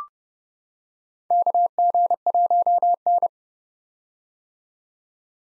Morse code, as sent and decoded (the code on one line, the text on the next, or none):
-.- --. .---- -.
KG1N